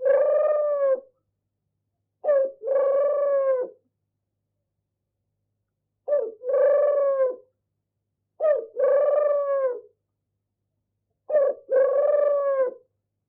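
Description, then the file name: Turtle dove repeating its soft, rolling purr five times at uneven intervals, most phrases starting with a brief sharp note. "Animal Turtle-Dove"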